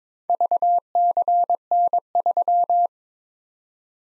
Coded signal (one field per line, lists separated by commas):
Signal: Morse code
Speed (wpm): 22 wpm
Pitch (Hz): 700 Hz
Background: none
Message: VCN3